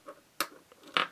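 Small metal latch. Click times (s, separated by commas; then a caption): 0.4 s, 1.0 s. An unlocker tool is worked on a die-cast toy Mustang to release the internal tab that locks its doors from the inside. Two sharp clicks sound at 0.4 s and 1.0 s, with fainter ticks around them. The lock tab is released, and the car now rolls much more easily.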